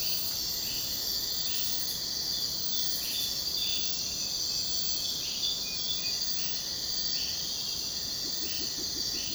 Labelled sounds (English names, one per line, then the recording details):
none
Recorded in secondary vegetation near Puerto Asís, Putumayo, Colombia, on 22 June 2025 at 03:30
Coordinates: 0.484, -76.319
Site G074